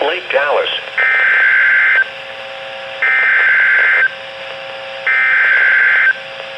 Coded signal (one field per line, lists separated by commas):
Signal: Emergency Alert System (SAME) tones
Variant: header bursts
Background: speech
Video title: Severe Thunderstorm Warning (NWR EAS Alert #1,733-1,734)